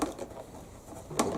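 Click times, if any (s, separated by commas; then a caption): none. An attachment part is pushed into the body of a carpet cleaner during assembly, with a short knock at the start and a louder sharp knock at about 1.2 seconds over quiet handling noise. Nothing has seated or clicked into place yet; the part has not snapped in.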